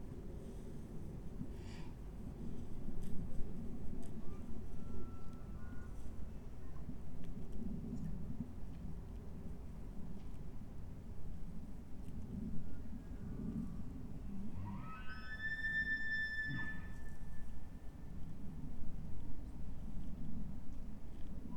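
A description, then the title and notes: A bull elk bugles once, around fifteen seconds in: a high, piercing whistle with ringing overtones that holds for about two seconds and then breaks off. Fainter tonal calls surface briefly near the six-second mark. A steady low rumble runs underneath throughout. The haunting bugle calls of bull elk in the alpine meadows and valleys along the Big Thompson River. Elevation 8040 feet.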